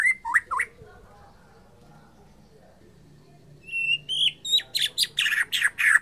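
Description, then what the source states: White-rumped shama song: a few looping whistles, a quiet gap, then a run of high clear notes and loud rapid harsh phrases. Murai Borneo type from Borneo; bird named Mas Kiki.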